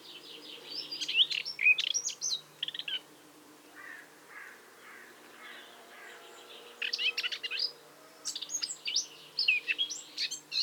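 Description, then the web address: Eurasian blackcap giving bursts of warbling song separated by a quieter stretch with softer lower notes. "SETE data Sylvia atricapilla"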